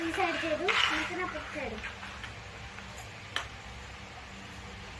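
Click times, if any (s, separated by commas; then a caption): 3.4 s. A plastic frame piece is pushed into its socket on the other side of a baby gym play mat while someone talks. It seats with a short, sharp snap at 3.4 s. After that, only quiet background remains.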